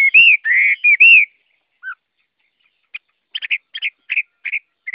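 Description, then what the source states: Chinese hwamei giving three loud slurred whistles, a short note, then a run of brief clipped notes after a pause. Singing in the forest-voice style (giọng rừng).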